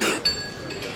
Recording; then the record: coughing mixed with background sound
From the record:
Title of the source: 60 coughing still (deep and wet cough)